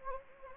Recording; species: mosquito wingbeat signal from an infrared sensor; Anopheles gambiae